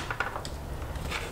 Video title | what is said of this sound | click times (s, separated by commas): BavSound Stage One Speaker Upgrade PART 1 - Plug N Play for BMW! | Should snap right into place, just like that. | 0.2 s